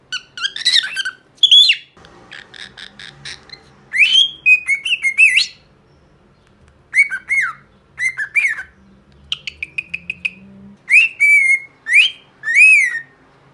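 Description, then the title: Cockatiel-style whistled song, a series of warbling whistles and rising-falling slurred phrases with short chirps between, separated by brief pauses. One-hour song recording made for training a pet cockatiel. "Canto De 1 Hora Para Treinar Calopsita"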